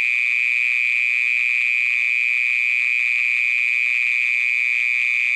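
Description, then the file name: Mole cricket giving a constant, droning trill, level in pitch and volume from start to finish. "Gryllotalpa sp"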